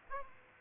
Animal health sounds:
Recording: mosquito wingbeat signal from an infrared sensor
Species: Aedes aegypti

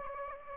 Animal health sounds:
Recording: mosquito wingbeat signal from an infrared sensor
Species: Aedes aegypti

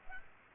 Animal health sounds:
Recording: mosquito wingbeat signal from an infrared sensor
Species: Aedes aegypti

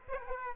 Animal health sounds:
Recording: mosquito wingbeat signal from an infrared sensor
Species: Aedes aegypti

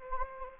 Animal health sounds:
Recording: mosquito wingbeat signal from an infrared sensor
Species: Anopheles gambiae

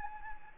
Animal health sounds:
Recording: mosquito wingbeat signal from an infrared sensor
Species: Anopheles gambiae

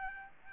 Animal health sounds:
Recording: mosquito wingbeat signal from an infrared sensor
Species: Aedes albopictus

